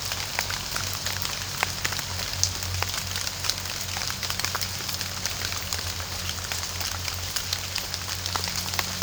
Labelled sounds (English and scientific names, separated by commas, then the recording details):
none
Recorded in pastures near Puerto Asís, Putumayo, Colombia, on 27 June 2025 at 07:30
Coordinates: 0.497, -76.327
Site G040